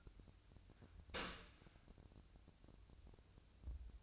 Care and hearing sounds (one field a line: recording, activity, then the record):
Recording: daily activity, microphone in the room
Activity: open dishwasher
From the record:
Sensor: 2